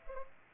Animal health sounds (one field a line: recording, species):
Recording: mosquito wingbeat signal from an infrared sensor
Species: Culex pipiens